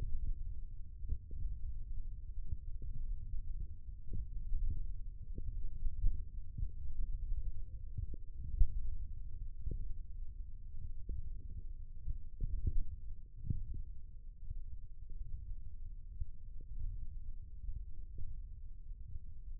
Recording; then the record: forearm muscle sounds (acoustic myography)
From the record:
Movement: thumb flexion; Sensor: system 1, eight BSWA MPA416 microphones around the upper forearm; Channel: 3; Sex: male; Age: 20 years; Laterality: left